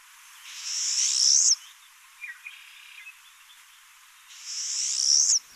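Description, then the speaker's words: Pine Siskin buzzy call: two harsh, rasping buzzes, each about a second long and rising sharply at the end, separated by a few seconds of near quiet. Call likened to drawing a thumbnail across the teeth of a comb, offered as a memory aid. "If we say that this call, the call of a pine siskin, sounds like drawing one's thumbnail across the teeth of a comb, we immediately get a memory association which will help to recall it later."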